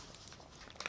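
A white Onyx Boox Leaf 2 e-reader is pressed into its snug plastic folio case, made tight so the reader doesn't fall out. Faint shuffling and light taps come first, then two sharp clicks at 0.8 s and 0.9 s as the e-reader seats in the case.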